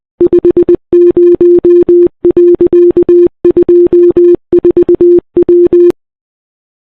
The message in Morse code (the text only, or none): 50.24W